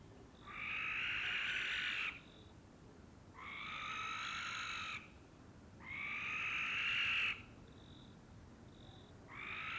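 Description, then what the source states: Barn owl screeches: three long, harsh, hissing shrieks separated by pauses, with brief high thin notes between them, and a fourth beginning at the end. Common barn owl pair recorded during a courtship flight.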